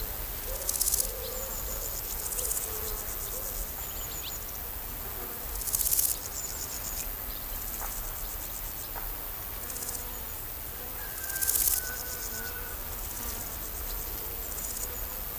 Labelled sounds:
Large Gold Grasshopper (Chrysochraon dispar) stridulation

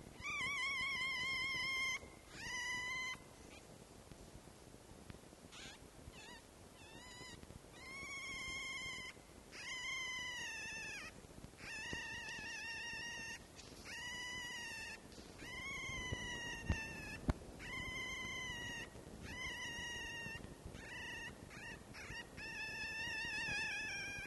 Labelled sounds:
Red Fox (Vulpes vulpes)

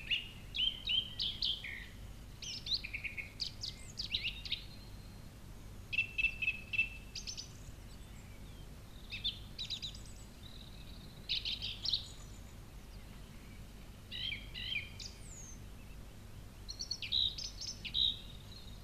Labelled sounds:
Song Thrush (Turdus philomelos) song

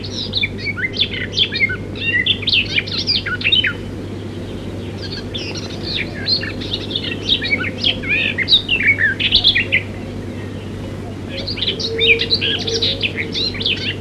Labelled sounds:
Garden Warbler (Sylvia borin) song

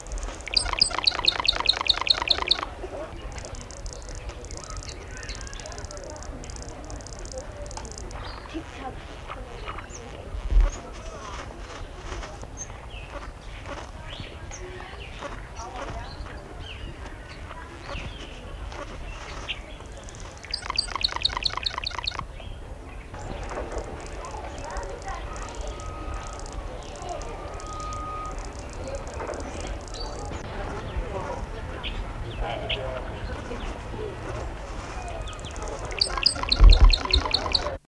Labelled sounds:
Jackson's Widowbird (Euplectes jacksoni) call

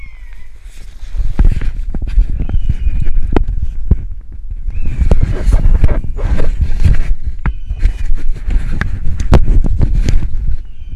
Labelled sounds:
Common Buzzard (Buteo buteo) call

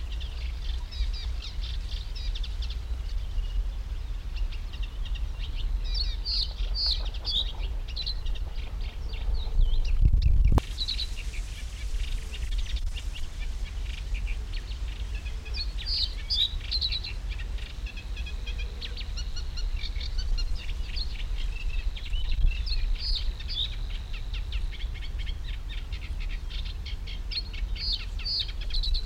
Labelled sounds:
Reed Bunting (Emberiza schoeniclus)

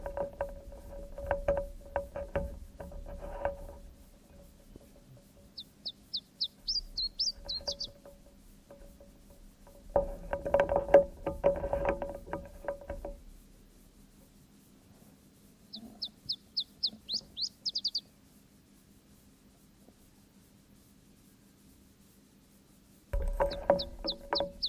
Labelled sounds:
Iberian Chiffchaff (Phylloscopus ibericus) song

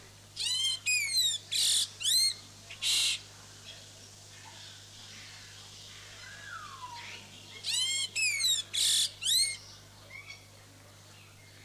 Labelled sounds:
White-winged Grosbeak (Mycerobas carnipes) song

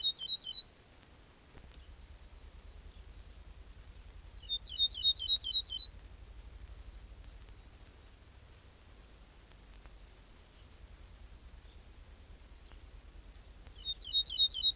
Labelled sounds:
Ortolan Bunting (Emberiza hortulana) song

